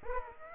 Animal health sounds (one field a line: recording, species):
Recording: mosquito wingbeat signal from an infrared sensor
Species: Aedes aegypti